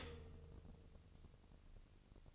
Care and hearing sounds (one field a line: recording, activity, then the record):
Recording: daily activity, microphone in the room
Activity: stop toaster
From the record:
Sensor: 4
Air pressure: 1007.9 hPa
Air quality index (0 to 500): 105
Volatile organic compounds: 1 ppm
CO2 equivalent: 778 ppm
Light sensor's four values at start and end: 11/25/10/11 and 11/25/10/11